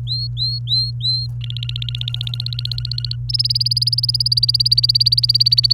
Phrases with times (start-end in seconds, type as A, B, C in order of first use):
0.00-1.27 A, 1.41-3.16 B, 3.29-5.73 C